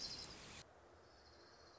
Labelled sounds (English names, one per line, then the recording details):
Orange-crowned Warbler
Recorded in Sonoma County, California